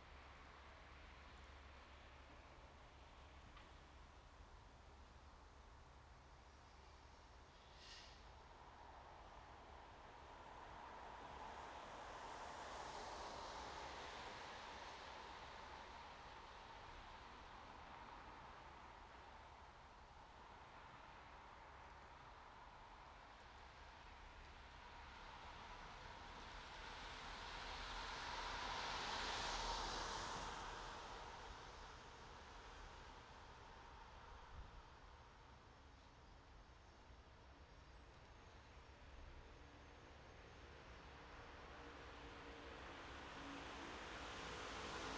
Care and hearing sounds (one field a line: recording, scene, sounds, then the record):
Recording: everyday scene through a hearing-aid microphone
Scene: in traffic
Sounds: traffic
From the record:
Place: bus stop on a city main road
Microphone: in the ear canal, right